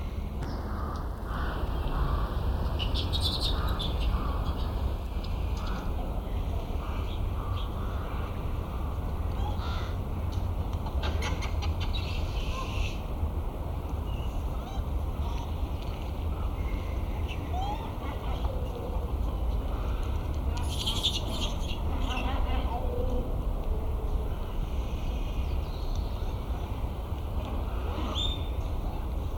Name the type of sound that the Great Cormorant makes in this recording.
call